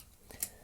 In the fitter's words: and you'll keep pushing until it locks into place.